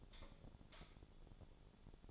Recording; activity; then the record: daily activity, microphone in the room; light off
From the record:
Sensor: 5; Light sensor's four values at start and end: 194/492/203/219 and 194/490/203/218